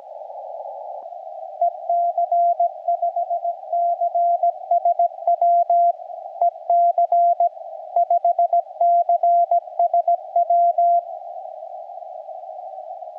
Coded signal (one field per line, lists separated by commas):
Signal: Morse code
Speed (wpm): 17 wpm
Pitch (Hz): 690 Hz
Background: radio noise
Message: EC5CSW EC5CSW